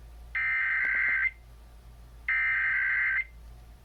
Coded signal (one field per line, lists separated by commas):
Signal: Emergency Alert System (SAME) tones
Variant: header bursts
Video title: Emergency Alert System EAS Required Monthly Test Minnesota Statewide WCCO-AM KNOW-FM and KDWB-FM